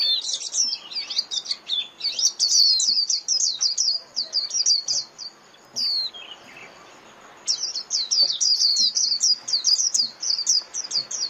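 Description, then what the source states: White-eye twittering: fast runs of high thin chirps, a short lull around six seconds, then another rapid chirping sequence to the end. Lure call (mồi) used for trapping white-eyes.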